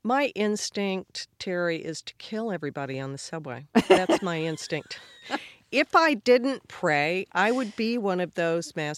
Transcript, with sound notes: My instinct, Terry, is to kill everybody on the subway.
(Laughter).
That's my instinct. If I didn't pray, I would be one of those mass